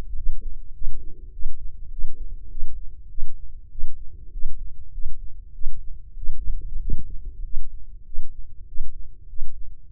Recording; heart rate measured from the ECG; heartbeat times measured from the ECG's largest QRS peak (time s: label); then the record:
heart sounds by microphone in the left ear; 99 bpm
0.15 s: heartbeat
0.73 s: heartbeat
1.31 s: heartbeat
1.90 s: heartbeat
2.49 s: heartbeat
3.08 s: heartbeat
3.69 s: heartbeat
4.31 s: heartbeat
4.91 s: heartbeat
5.52 s: heartbeat
6.15 s: heartbeat
6.79 s: heartbeat
7.42 s: heartbeat
8.04 s: heartbeat
8.65 s: heartbeat
9.27 s: heartbeat
9.88 s: heartbeat
From the record:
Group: healthy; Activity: cold pressor test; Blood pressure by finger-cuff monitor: 147/86 mmHg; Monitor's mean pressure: 104 mmHg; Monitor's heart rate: 99 bpm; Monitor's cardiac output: 7.5 L/min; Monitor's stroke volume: 76 mL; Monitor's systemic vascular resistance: 1030 dyn s/cm5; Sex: male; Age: 21 years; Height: 180 cm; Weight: 67.5 kg